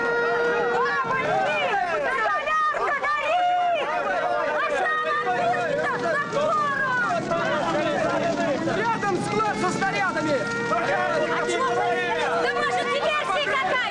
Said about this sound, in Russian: Рабочие бегут тушить горящую крышу. Едет пожарная. Пропустите, пропустите!